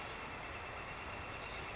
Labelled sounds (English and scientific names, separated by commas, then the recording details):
Northern Flicker (Colaptes auratus)
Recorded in Sonoma County, California